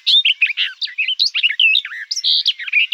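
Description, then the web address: Barred warbler song, a fast scratchy chatter of varied high chirps and short warbled notes, tumbling on without pause for three seconds. "Sylvia nisoria"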